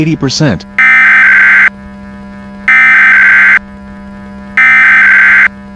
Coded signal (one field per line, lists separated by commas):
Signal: Emergency Alert System (SAME) tones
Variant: header bursts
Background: speech